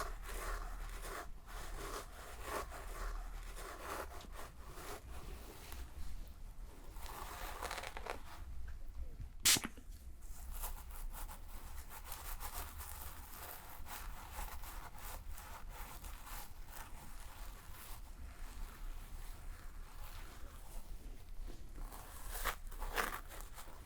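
Shampoo lathering and hair brushing make a steady, dense rubbing and scrubbing sound that runs through the whole stretch in quick, uneven strokes. A sharp, bright click stands out at about nine seconds, and a low constant hum sits underneath.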